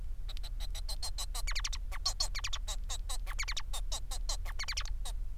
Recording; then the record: song of a male Bengalese finch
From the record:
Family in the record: son of father 4